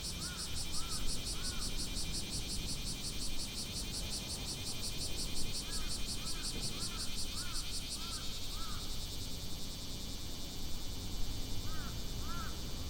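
Cicadas drone without pause in a dense, high, pulsing shrill that turns smoother and steadier after about eight seconds. Short arching bird calls come in small clusters near the start, through the middle, and again at the end, over a low rumble.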